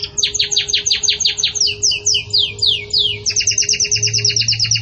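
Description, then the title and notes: Canary song: a steady series of fast downslurred notes, shifting into a quicker rolling trill near the end. Belgian canary singing pure "campainha" song, with pauses, for training. "Canto Canário Belga Campainha Puro Com Pausa Para Treinamento. CANARIO BELGA"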